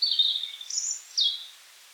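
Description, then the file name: European robin song: brief, thin, high whistled notes sliding up and down in a short sweet phrase. "rotkehlchen"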